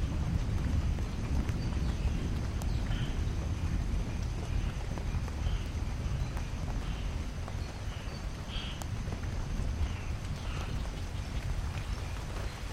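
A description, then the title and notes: Rain falls steadily on forest vegetation, a dense, even patter with a deep rumbling undertone that holds constant throughout. Scattered brighter drips and taps stand out on top, with a few sharp clicks near the third and ninth seconds. Wild Rain is a collection of rain soundscapes recorded in 4 rainforests across 3 continents. The library features rain falling on vegetation and forest floor, from sparse drops to moderate and heavy rain.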